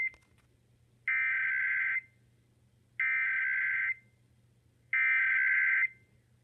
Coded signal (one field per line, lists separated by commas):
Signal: Emergency Alert System (SAME) tones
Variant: header bursts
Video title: 2016 National EAS Test- National Periodic Test (EAS #104)